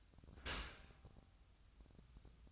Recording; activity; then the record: daily activity, microphone in the room; open dishwasher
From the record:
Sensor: 2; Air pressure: 1004.5 hPa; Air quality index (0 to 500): 113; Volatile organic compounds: 3 ppm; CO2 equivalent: 1368 ppm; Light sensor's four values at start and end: 6/15/6/6 and 6/15/6/6